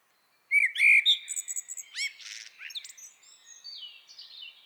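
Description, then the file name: Eurasian blackbird song phrase: rich whistled notes quickly giving way to rapid, thin twittering that fades out toward the end. "Turdus merula"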